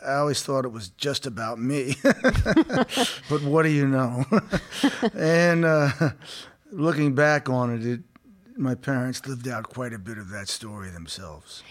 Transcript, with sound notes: I always thought it was just about me (laughter), but what do you know? And looking back on it, my parents lived out quite a bit of that story themselves.